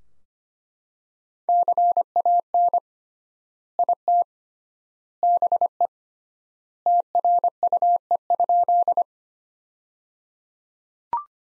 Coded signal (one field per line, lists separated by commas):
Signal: Morse code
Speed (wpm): 25 wpm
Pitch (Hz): 700 Hz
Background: none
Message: CAN IT BE TRUE?